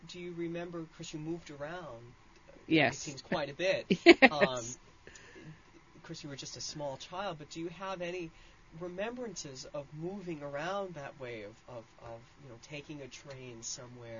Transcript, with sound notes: Do you remember, of course, you moved around.
Yes.
It seems quite a bit.
Yes! ( she laughs )
Of course, you were just a small child, but do you have any remembrances of moving around that way of, you know, taking a train somewhere or...